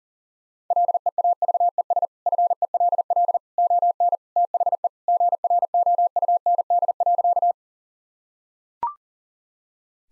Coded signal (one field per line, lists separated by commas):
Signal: Morse code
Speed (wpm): 40 wpm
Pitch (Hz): 700 Hz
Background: none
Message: LEAVES FELL ON THE GROUND.